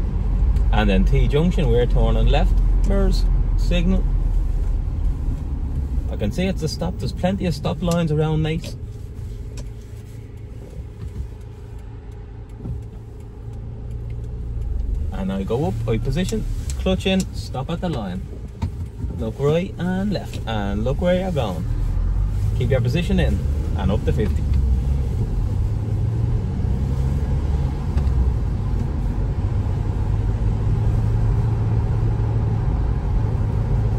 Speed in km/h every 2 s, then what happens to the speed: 35, 33, 20, 19, 6, 0, 0, 2, 8, 0, 0, 12, 23, 35, 38, 44, 43.
0-9 brakes to 0. 9-14 standing. 17-20 standing. 20-30 pulls away to 44.